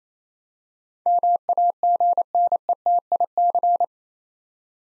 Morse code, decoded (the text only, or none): MAGNETIC